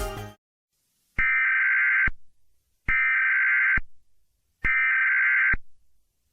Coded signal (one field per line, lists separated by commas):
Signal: Emergency Alert System (SAME) tones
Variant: header bursts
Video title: EAS Scenario/Mock #9 - The White Pumpkin